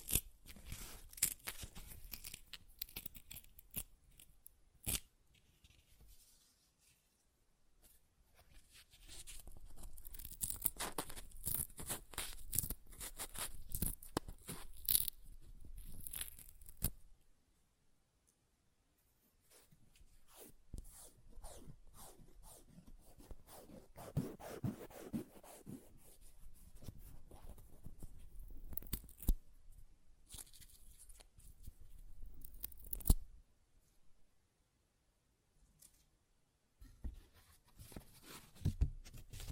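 Paper is torn and ripped in bursts of quick, crackly strokes, with short pauses between runs at around 6, 17 and 33 seconds. The tearing is dense and bright, with sharp snaps, and some passages sound fuller and rougher, like thicker sheets being pulled apart.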